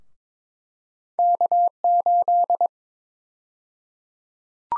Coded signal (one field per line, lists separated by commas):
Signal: Morse code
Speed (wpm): 21 wpm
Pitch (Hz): 700 Hz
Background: none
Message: K8